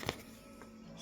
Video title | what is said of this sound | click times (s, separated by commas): Tuto Remplacer dalle pc hp dv7,Tutorial Replace hp dv7 pc panel | carénage là comme ça il se clipse voilà une fois comme ça | 0.1 s